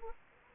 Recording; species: mosquito wingbeat signal from an infrared sensor; Anopheles arabiensis